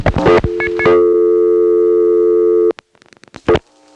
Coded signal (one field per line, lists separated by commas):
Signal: telephone call progress tone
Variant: North America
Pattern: dial tone